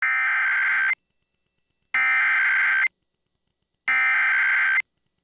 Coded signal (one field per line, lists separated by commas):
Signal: Emergency Alert System (SAME) tones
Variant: header bursts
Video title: PDS Tornado Warning for Nash, OK (3/5/26) [EAS #358]